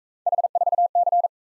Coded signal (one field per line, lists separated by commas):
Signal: Morse code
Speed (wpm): 40 wpm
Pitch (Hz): 700 Hz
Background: none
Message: H4C